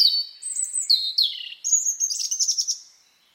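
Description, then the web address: Bird song with clear high whistled notes and slurred, falling phrases, ending in a fast trill that fades out. "Bird Only"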